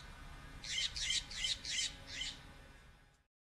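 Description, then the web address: Bird calls: five harsh, high squawking bursts in quick succession over background noise, then the sound cuts off. Many birds, recorded 25 March 2006. "bexar Many Birds"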